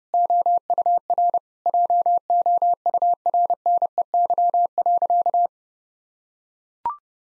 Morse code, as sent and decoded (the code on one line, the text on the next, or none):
--- ..- .-. / .--- --- ..- .-. -. . -.-- .-.-.-
OUR JOURNEY.